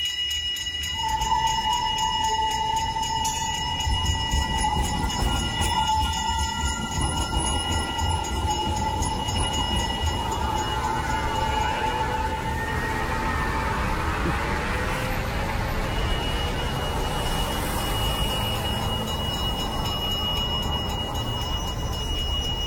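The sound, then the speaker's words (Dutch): A steady roar of city traffic at the Hofplein in Rotterdam fills the whole recording, with engines rumbling continuously and sustained metallic tones and ringing of tram wheels and bells running over the din; no one speaks. “Veel verkeer horen we, geloof ik. Ja, dat is zo'n beetje het enige wat je daar hoort.”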